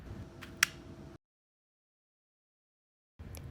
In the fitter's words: Slide the stack into the wallet until you hear a click.